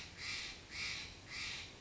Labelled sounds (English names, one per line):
Steller's Jay